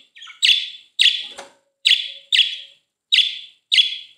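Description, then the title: Budgerigar chirps, six bright, short calls in uneven pairs with brief silent gaps between them. "Budgie Sounds"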